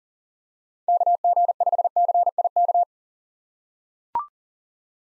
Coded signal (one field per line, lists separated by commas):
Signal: Morse code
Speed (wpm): 40 wpm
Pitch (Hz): 700 Hz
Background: none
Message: KG5CIK